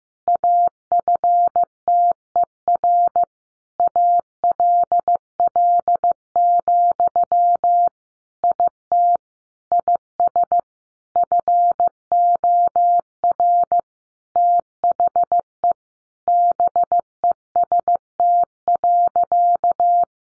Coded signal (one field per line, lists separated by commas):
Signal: Morse code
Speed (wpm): 15 wpm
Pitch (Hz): 700 Hz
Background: none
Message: AFTER ALL, IT IS FOR THE BEST.